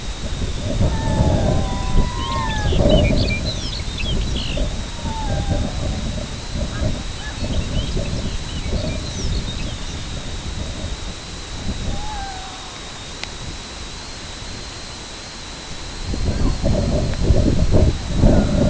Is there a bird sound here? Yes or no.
yes